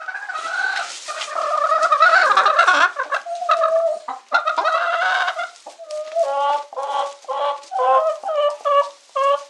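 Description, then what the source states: Chickens clucking and cackling, a dense babble of overlapping calls easing into separate clucks repeated in quick succession. Domestic chicken.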